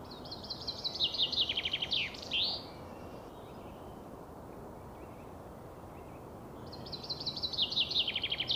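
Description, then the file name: Common chaffinch singing a rattling, descending trill that closes with a quick twisting flourish; after a long quiet pause a second song begins, cut off at the end. "Fringilla coelebs"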